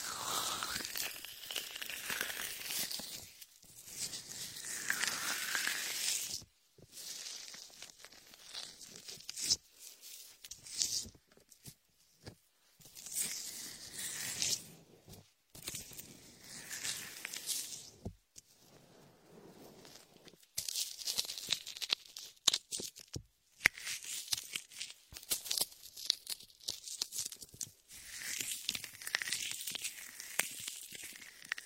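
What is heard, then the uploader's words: Latex gloves work shaving foam, making bursts of crackly, squelchy, crinkling rubbing with a hissy, bright edge. The sounds come in irregular strokes of a few seconds each, broken by short silent pauses, with louder, denser rubbing after about twenty seconds. Latex ear massage with shaving foam for comfort.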